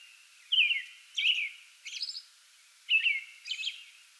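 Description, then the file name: American robin song with clear whistled phrases dropping slightly in pitch, interspersed with higher squeaky syllables in a relaxed, repeating sequence. Pre-dawn song bout, 8 May 2022. "2022-05-08 American Robin pre-dawn song bout"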